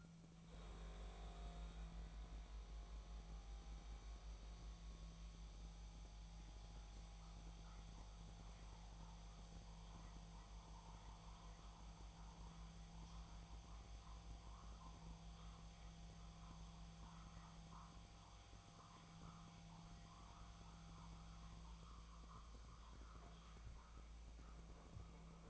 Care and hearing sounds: daily activity, microphone in the room; make coffee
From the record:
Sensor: 1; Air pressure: 1000.3 hPa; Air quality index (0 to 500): 149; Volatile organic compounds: 3 ppm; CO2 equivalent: 1398 ppm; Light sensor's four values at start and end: 30/75/32/38 and 30/74/31/38

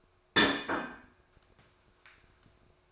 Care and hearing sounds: daily activity, microphone in the room; place plate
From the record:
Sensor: 2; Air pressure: 1004.2 hPa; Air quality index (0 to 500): 188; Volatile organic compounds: 10 ppm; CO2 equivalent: 2252 ppm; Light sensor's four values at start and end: 4/10/3/4 and 4/10/3/4

